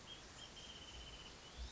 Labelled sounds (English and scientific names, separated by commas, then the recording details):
Wrentit (Chamaea fasciata)
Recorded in Sonoma County, California